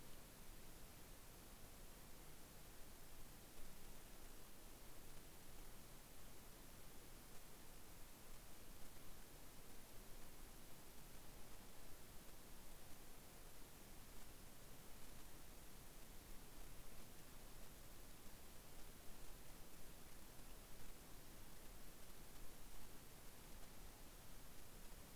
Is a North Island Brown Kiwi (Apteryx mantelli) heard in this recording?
no